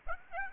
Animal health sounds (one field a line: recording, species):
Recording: mosquito wingbeat signal from an infrared sensor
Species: Aedes aegypti